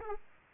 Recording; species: mosquito wingbeat signal from an infrared sensor; Aedes aegypti